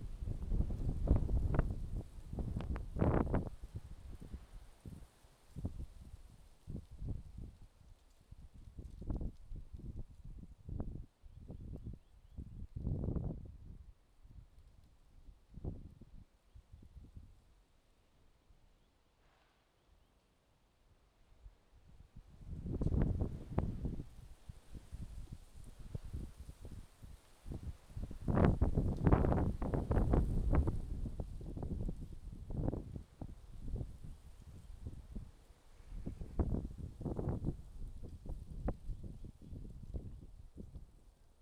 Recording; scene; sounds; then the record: everyday scene through a hearing-aid microphone; wind on the microphone; wind, traffic, birds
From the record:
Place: suburban garden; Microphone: in the ear canal, left